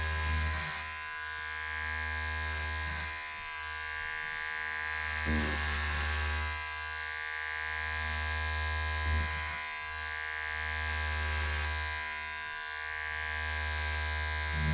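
Hair clippers drone in a steady low buzz, with brief scraping passes and snips recurring every few seconds as the cut moves along.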